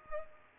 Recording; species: mosquito wingbeat signal from an infrared sensor; Culex pipiens